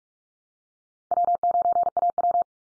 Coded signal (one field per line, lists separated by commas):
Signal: Morse code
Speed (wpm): 44 wpm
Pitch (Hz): 700 Hz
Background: none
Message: W9AW